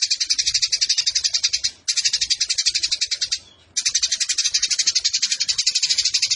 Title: GEREJA TARUNG NEMBAK PANJANG SUARA JERNIH MASTERAN WAJIB BURUNG LOMBA